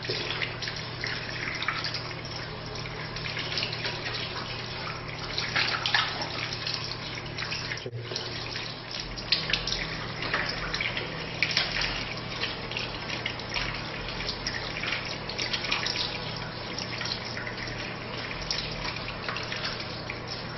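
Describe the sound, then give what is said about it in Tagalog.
Steady running water splashes and trickles continuously, with uneven wet patters as both hands and arms are rinsed under the stream from fingertips to elbows three times, right before left. A brief dip in the flow occurs partway through, and no one speaks. “Hugasan ang dalawang kamay simula dulo ng daliri hanggang sa siko ng 3 beses.”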